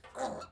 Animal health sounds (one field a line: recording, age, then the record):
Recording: pig call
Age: piglet (1 to 25 days)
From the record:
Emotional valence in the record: negative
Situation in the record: restrain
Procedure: back test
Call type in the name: low-frequency call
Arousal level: medium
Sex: male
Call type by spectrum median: low-frequency call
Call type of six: low-frequency stable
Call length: 0.52 s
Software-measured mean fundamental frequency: 56 Hz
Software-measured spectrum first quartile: 577 Hz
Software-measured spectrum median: 829 Hz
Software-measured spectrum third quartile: 2068 Hz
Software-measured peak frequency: 785 Hz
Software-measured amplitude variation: 160 dB a second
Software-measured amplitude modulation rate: 12.4 a second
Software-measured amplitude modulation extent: 12.9 dB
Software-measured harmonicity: 3.8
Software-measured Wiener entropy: -1.21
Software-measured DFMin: 1103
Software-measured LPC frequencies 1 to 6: 676, 3867, 4457, 5779, 6946, 7453 Hz